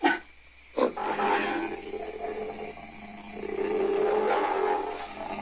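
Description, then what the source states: Ape screaming, a short sharp cry followed by a long harsh, wavering scream that swells toward the end. Several apes, long angry screaming and growling.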